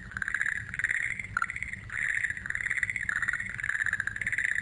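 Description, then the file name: Frog calling in a continuous series of rapid pulsed trills at a steady mid-high pitch, swelling and dipping in loudness. "kaeru"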